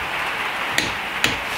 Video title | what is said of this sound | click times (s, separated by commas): TEST clé dynamométrique ELITE, VANPO, NORAUTO | Ça a fait clac. | 0.8 s